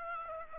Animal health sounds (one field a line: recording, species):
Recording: mosquito wingbeat signal from an infrared sensor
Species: Aedes aegypti